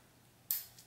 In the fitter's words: And it's gonna make a little click here.